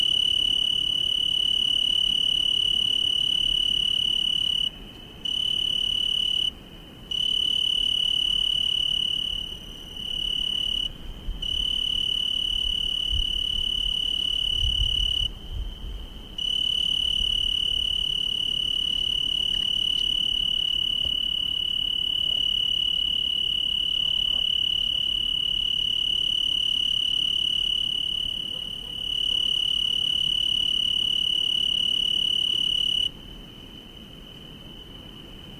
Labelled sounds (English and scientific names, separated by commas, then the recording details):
Tree Cricket (Oecanthus pellucens) stridulation
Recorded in the wild
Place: Chania, Insel Kreta, GR
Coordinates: 35.5164, 24.0189
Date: 1996-10-09 19:17
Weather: 18°C, cloudy
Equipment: Sony MD-WM MZ-R3, Sennheiser MKH 416 T, Kopie Uher 4000 Report Monitor
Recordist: Tembrock, Günter